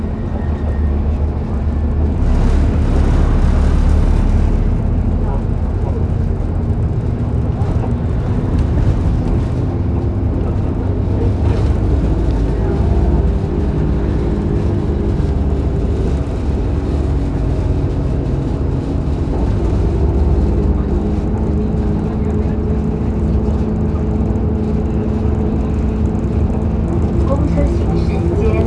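A bus runs steadily with a deep, constant engine rumble that fills the low end throughout. Faint tones rise and fall as the engine shifts, and a brief brighter rush comes near the start, around two to four seconds, with murmuring voices underneath.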